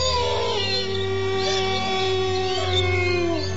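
Several wolves howl together, their long, wavering wails rising and falling in overlapping pitches over a steady low rumble, sustained and fairly loud throughout.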